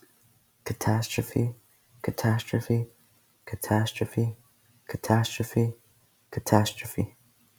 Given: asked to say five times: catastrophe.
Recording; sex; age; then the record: repeated word; male; 20 to 29 years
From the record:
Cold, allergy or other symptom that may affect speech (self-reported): no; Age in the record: 21 years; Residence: North Carolina, United States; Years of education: 16